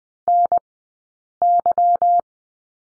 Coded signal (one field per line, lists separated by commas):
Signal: Morse code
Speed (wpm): 20 wpm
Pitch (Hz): 700 Hz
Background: none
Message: NY